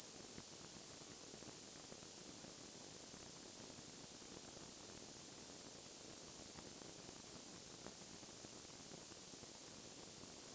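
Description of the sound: A steady, unbroken hiss fills the whole clip, weighted toward the higher pitches, with no rhythm, breaks or changes in loudness. It is a simulation of tinnitus, the constant noise heard in the ears without any outside source.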